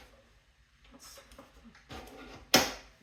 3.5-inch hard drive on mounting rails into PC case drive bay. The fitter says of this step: back into the computer till it clicks.